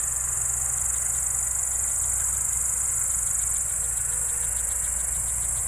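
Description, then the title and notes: Cricket chorus, a continuous piercing high trill with quick rhythmic pulses below, over a constant low rumble of machinery. Evening crickets at Spalona Pass, Bystrzyckie Mountains, Poland, 18/07/2024 around 19:00; an old tractor mowing grass in the village below is in the background. "Spalona 6, 57-516, Polska - Spalona Pass - crickets and haymaking. Przełęcz Spalona w Górach Bystrzyckich. wieczorne świerszcze"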